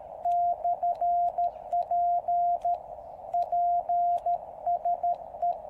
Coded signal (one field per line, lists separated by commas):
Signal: Morse code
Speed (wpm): 13 wpm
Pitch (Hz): 690 Hz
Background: radio noise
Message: /P PSE